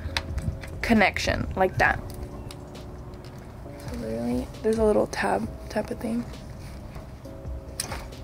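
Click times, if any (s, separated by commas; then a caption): 7.8 s. A plastic headlight wiring harness connector for VLAND headlights on an FR-S/BRZ/86 is pushed into its mating plug past its locking tab. Someone talks over a steady hum, with a few small clicks early on, and the connector snaps in with a sharp click at 7.8 s. The connector is confirmed seated.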